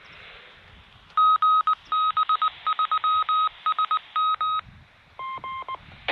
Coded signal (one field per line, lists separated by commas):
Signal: Morse code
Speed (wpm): 19 wpm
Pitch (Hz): 1260 Hz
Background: none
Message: GB3SM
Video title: A bit of Ham radio, cooking a chicken curry and celebrating the best of 2022